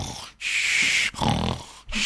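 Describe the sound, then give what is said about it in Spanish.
A whole class of schoolchildren imitates snoring for a night scene in a Latin lesson: three loud, raspy, breathy snores in a steady rhythm, each lasting well under a second and separated by brief pauses, with a hissy, rattling texture. “y entonces en esa escena él va por la noche cuando nadie está escuchando en la casa, y entonces toda la clase tiene que participar haciendo los ronquidos.”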